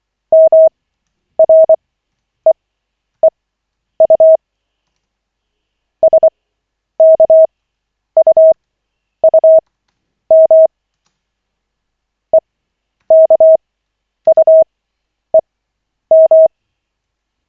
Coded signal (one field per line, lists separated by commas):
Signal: Morse code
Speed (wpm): 24 wpm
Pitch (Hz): 640 Hz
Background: none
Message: MREEU SKUUM EKUEM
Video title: Koch 5/40, 25.12.2024, 2nd CW practice session